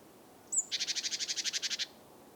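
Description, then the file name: Great tit call beginning with a sharp high note and running into a long, even rattle of about thirteen buzzy pulses. "Parus major"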